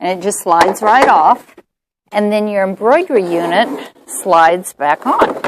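Someone talks while the accessory box is slid off a Pfaff Creative Sensation sewing machine and its embroidery unit is about to be slid back onto the machine's free arm/bed, with only a short quiet gap around 1.6–2.1 s. The embroidery unit has not seated or clicked into place yet.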